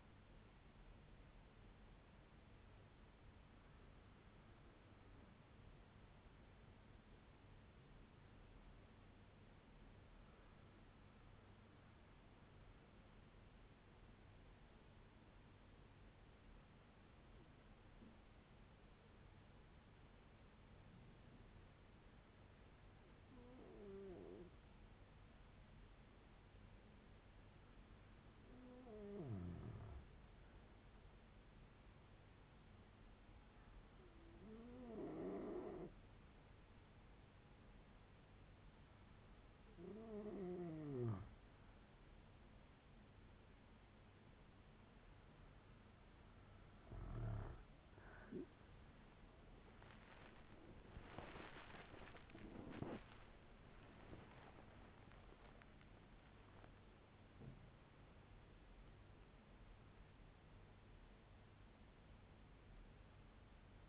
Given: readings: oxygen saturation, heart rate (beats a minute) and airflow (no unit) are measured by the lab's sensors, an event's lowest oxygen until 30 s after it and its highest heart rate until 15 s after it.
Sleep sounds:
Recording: breathing in sleep by a voice recorder at the bedside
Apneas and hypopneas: 1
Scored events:
6.00-51.80 s: hypopnea (N2, oxygen 97% highest, then 95% lowest, heart rate 56 at the start, 87 highest)
55.00-63.89 s: new sleep stage, N1 (lightest sleep)
From the record:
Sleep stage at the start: N2 (light sleep)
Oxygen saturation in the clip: 94 to 97%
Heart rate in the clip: 56 to 85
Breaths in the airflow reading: 10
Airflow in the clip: -10.3 to 12.9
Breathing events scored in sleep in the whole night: 182 in 7.4 hours asleep

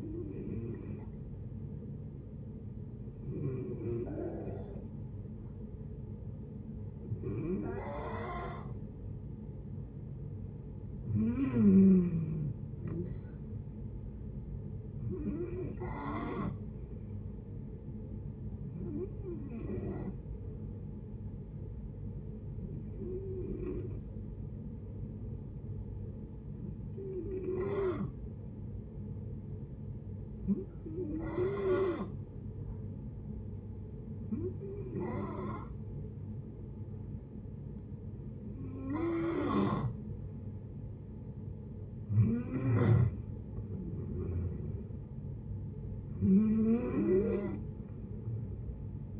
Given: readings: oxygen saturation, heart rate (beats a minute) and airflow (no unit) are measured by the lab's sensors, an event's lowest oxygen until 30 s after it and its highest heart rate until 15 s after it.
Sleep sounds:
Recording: breathing in sleep by a smartphone at the bedside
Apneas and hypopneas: 1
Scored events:
24.00-39.40 s: hypopnea (N2, oxygen 93% highest, then 90% lowest, heart rate 71 at the start, 76 highest)
From the record:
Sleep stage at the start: N2 (light sleep)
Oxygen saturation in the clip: 89 to 93%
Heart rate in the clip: 70 to 76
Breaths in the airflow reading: 13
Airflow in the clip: -8.3 to 8.2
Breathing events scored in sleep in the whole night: 496 in 5.4 hours asleep

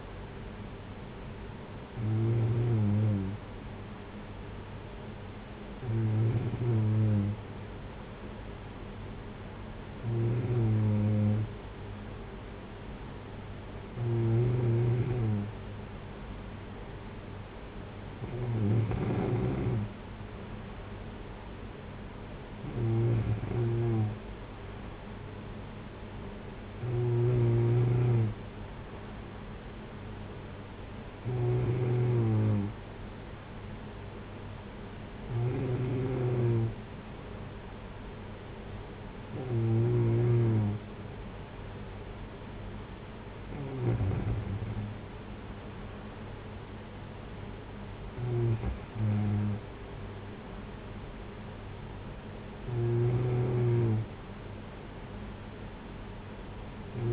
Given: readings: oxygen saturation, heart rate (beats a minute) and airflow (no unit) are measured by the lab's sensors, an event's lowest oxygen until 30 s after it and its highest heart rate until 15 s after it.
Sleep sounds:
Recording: breathing in sleep by a voice recorder at the bedside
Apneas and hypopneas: none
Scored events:
none scored
From the record:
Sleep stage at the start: N2 (light sleep)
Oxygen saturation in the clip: 93 to 94%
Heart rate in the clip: 56 to 60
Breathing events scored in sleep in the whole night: 226 in 8.8 hours asleep

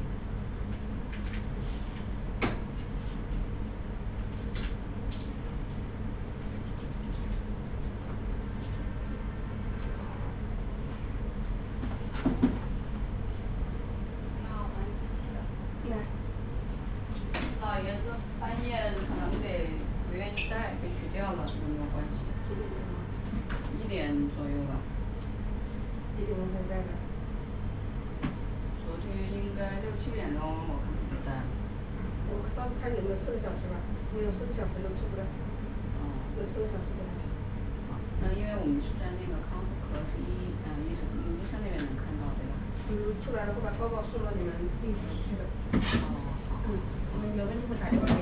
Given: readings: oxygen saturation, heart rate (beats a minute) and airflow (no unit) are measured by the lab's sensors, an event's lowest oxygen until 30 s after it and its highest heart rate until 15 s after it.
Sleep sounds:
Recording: a person awake in a sleep study, by a smartphone at the bedside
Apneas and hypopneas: none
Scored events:
0.00-48.22 s: awake
0.00-48.22 s: awake
From the record:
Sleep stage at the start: awake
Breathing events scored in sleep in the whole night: 210 in 6.9 hours asleep

